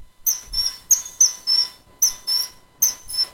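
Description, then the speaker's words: Common kingfisher calling: high, piercing whistled notes in quick bursts, repeated rapidly. Song, played back on the radio. "Nous écoutons tout de suite le chant du martin pêcheur."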